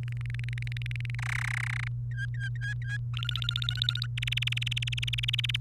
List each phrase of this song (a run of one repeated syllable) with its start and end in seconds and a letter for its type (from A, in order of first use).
0.03-1.15 A, 1.19-1.88 B, 2.11-2.97 C, 3.14-4.06 D, 4.17-5.56 E